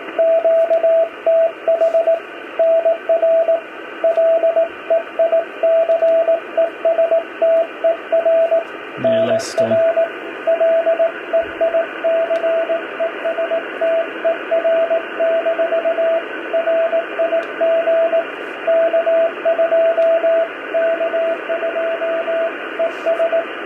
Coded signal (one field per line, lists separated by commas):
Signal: Morse code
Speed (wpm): 18 wpm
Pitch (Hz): 660 Hz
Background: speech, radio noise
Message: QTH NR LEICESTER NR LEICESTER - RIG K2 K2 ES